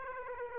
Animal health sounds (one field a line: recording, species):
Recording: mosquito wingbeat signal from an infrared sensor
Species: Aedes aegypti